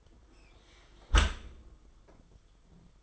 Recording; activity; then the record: daily activity, microphone in the room; close dishwasher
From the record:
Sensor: 5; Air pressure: 990.6 hPa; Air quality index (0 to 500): 166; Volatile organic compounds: 337 ppm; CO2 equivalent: 4557 ppm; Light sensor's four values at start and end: 37/114/44/47 and 37/114/44/47